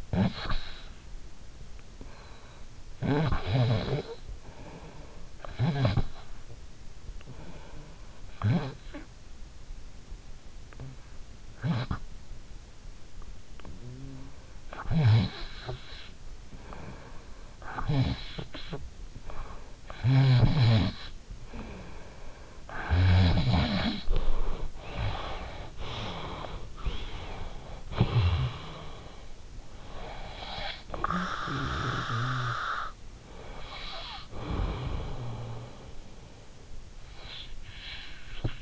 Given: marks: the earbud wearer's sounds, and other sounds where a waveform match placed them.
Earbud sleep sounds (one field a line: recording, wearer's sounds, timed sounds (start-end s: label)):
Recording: sounds in sleep by an in-ear microphone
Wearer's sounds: snoring breath, breath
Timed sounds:
0.00-5.44 s: snoring breath
5.45-7.77 s: snoring breath
7.77-24.81 s: snoring breath
24.81-29.91 s: breath
29.91-36.91 s: snoring breath
36.91-38.62 s: breath